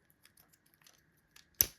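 A plastic panel that keeps falling off a Transformers Studio Series Deluxe Class Elita-1 action figure is pushed back into its socket on the figure, with faint small clicks and handling sounds beforehand. A single sharp plastic snap rings out at 1.6 s, and the panel is seated back in place.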